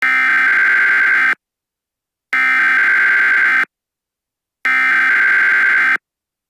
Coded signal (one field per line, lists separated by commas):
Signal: Emergency Alert System (SAME) tones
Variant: header bursts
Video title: The Great Tsunami (An EAs Scenario)